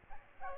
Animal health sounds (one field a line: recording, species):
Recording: mosquito wingbeat signal from an infrared sensor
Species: Aedes aegypti